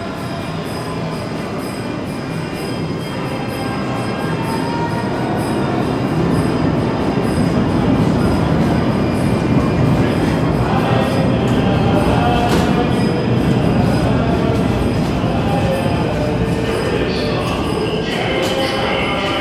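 Inside a subway station beneath Manhattan, a dense, echoing wash of crowd murmur blends with the low, steady rumble of subway cars. The din swells slightly after the first few seconds and holds, with brief bright screeches and clatters near the twelve- and seventeen-second marks.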